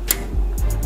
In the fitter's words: you hear a snap